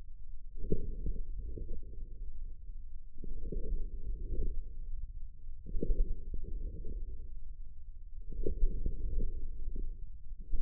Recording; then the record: forearm muscle sounds (acoustic myography)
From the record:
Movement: forearm supination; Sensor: system 1, eight BSWA MPA416 microphones around the upper forearm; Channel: 6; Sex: male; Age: 54 years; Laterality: right